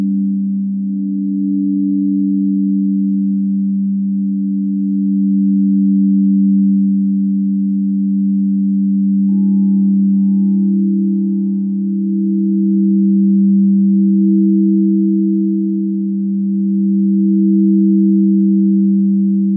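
A singing bowl hums in a steady, low drone with slow, gentle swells in loudness and a faint higher ring joining midway.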